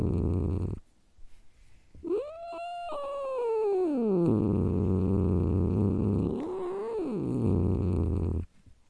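Domestic cat growling: a steady, low, throaty rumble runs through most, broken by a sliding yowl early on and a shorter rising-falling wail near the end.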